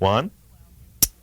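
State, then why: Seated. Someone talks briefly, then a single-action revolver's hammer is drawn back and gives a sharp metallic click at 1.0 s as it seats in the half-cock notch. This is the second hammer click, and the revolver is confirmed at half-cock so the cylinder can now rotate.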